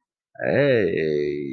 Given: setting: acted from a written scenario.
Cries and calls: vocal sound without words; romantic love

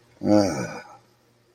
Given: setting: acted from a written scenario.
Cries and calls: vocal sound without words; ecstasy

